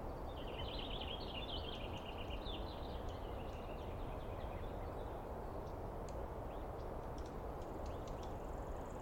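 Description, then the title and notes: Douglas squirrel giving a long rapid chattering run that fades into scattered clicks and ticks, over an even low background rumble. Squirrel screaming at length at dawn on 21 April 2017 in the East Cascades, recorded on microphones and recorder; identified by sound, not seen well. "On the morning of 21 April, 2017, I set up my microphones and recorder for a nice dawn recording in the East Cascades. I was started awake by a screaming Douglas Pine Squirrel."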